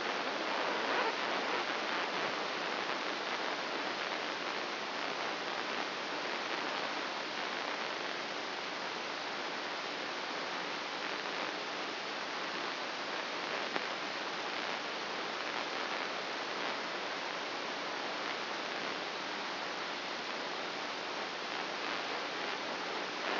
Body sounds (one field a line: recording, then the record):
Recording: brain microelectrode recording played as sound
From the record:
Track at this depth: inside the subthalamic nucleus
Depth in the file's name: 1.805 mm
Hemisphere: right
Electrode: 2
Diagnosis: Parkinson's disease